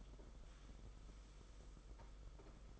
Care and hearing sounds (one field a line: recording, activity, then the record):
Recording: daily activity, microphone in the room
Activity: sweep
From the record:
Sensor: 5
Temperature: 22.1 degrees Celsius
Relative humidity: 50.0%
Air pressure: 991.5 hPa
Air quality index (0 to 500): 120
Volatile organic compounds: 44 ppm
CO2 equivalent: 3207 ppm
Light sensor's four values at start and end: 42/132/50/54 and 42/132/50/54